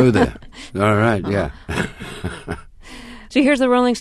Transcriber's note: soundbite of laughter